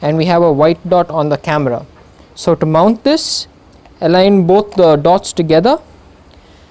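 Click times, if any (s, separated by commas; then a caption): 6.3 s. An interchangeable lens is mounted onto a DSLR camera body by lining up the white dot on the lens with the white dot on the body and rotating the lens clockwise while someone talks. A single short click is heard at 6.3 s as the lens bayonet locks into place, showing the lens is mounted properly.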